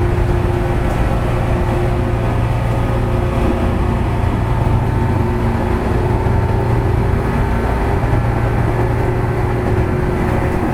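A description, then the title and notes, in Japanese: Running sound recorded aboard a 415 series local train on the Nippō Line: a steady, dense low rumble with sustained humming tones that stay level throughout. The roar never lets up, with faint brighter hiss above and no distinct clicks or separate events. JR九州の415系の走行音です。日豊線の普通電車にて収録。区間は、大分から別府までです。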